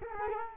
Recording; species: mosquito wingbeat signal from an infrared sensor; Culex quinquefasciatus